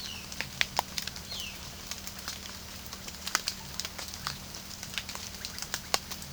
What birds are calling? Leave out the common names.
Cyanocorax violaceus, Psarocolius angustifrons